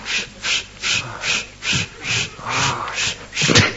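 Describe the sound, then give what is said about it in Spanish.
A person panting heavily, with about eight quick, breathy gasps in a steady rhythm, each a rough airy burst, some with a faint throaty edge. No talking. “¿Por qué jadea?”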